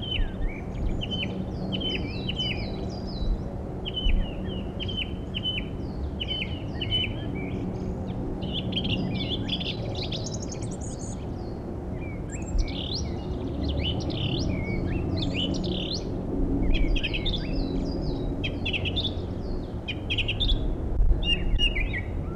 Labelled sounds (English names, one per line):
Song Thrush song